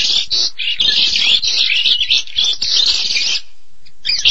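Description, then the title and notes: Starling with a brief run of harsh chattering notes and whistles that stops near the end, followed by a short quiet gap and one last note. "details Jalak. suara burung jalak"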